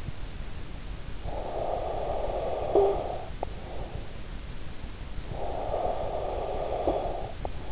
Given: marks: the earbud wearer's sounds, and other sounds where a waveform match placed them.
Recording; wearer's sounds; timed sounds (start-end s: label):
sounds in sleep by an in-ear microphone; snoring breath
1.19-4.02 s: snoring breath
5.12-7.72 s: snoring breath